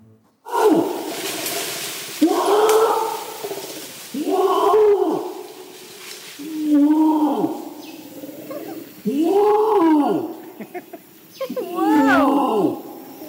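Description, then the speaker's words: Orangutan calling: six deep, groaning, arched calls at a fairly steady pace, each rising then falling in pitch. Adult male calling for a female up in the trees, producing the sound with a throat pouch. "I forgot to play this, but this is the little clip of an adult male orangutan calling for a female"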